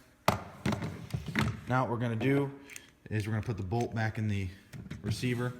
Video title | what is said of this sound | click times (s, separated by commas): Beretta ARX 100 disassembly & assembly | Barrel, just push it in, and you'll hear a click like that. That means the barrel's locked in place. | 0.3 s